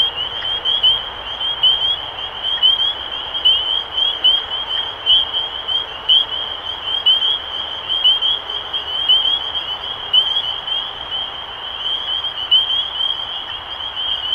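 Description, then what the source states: Spring peepers calling steadily, a dense wall of short rising peeps with individual louder notes standing out about once a second. Recorded 23 March 2012.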